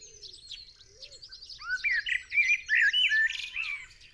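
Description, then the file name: Common blackbird rich warbled phrases swelling in the second half, amid a dense backdrop of high twittering birds and a brief low whistle near the start. "Turdus merula"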